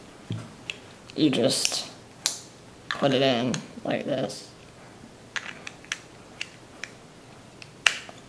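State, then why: Seated. Someone talks while a small Cold Steel Recon folding keychain knife is pushed into its molded Kydex plastic sheath, with several light taps and small clicks along the way. The loudest, sharpest snap comes at 7.9 s as the knife seats into the sheath's retention.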